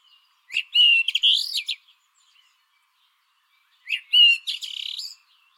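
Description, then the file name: Common blackbird giving two rich, mellow whistled phrases with a rising and falling contour, each followed by thin, high scratchy notes. "Turdus merula"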